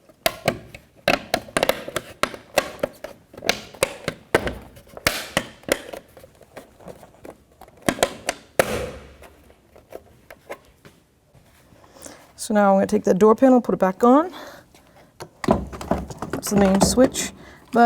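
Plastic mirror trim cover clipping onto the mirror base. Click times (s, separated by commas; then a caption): 0.3 s, 2.2 s, 5.1 s, 8.6 s. A painted plastic trim cover is pushed onto the front side mirror base of a 2006–2012 Toyota RAV4, its tabs lined up first. Loud, sharp snaps ring out at 0.3, 2.2, 5.1 and 8.6 seconds as the tabs clip in one after another, and the trim is seated. Someone talks afterward.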